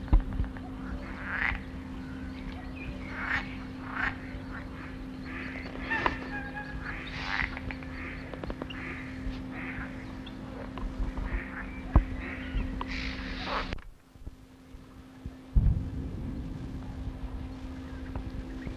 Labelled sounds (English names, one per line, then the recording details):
Edible Frog call
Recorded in the wild
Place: Mühlenbecker Land, Brandenburg, DE
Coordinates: 52.6769, 13.355
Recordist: Günther, Rainer